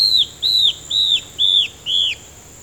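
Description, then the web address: Yellow-browed antbird call: five loud high whistles, each slightly arched and dropping at the end, repeated about every half second. "sound Yellow-browed-antbird. دانلود-صدای-پرنده-مورچه-مرغ-ابرو-زرد"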